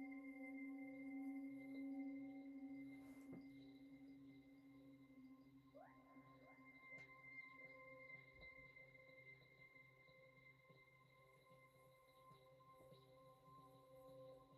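A singing bowl rings on in a long, steady sustain, its low hum and several bright overtones holding level and slowly fading. A soft knock lands around three seconds, and near six seconds a tone slides upward into a new pitch that holds through the end.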